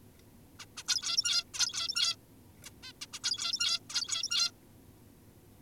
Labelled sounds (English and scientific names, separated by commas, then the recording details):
Zebra Finch (Taeniopygia guttata)
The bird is an adult
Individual g17y2U